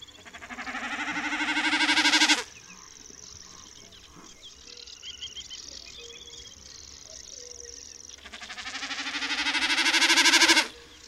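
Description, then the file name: Common snipe drumming twice, each a swelling bleating tremolo ending suddenly, with quiet bird calls during the gap between them. "Kszyk"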